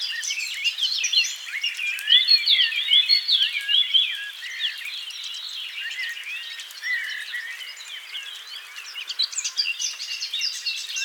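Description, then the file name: Eurasian blackcap song: a long run of fast chattering warble with brighter fluty phrases early on, then continuing softer. "Sylvia atricapilla"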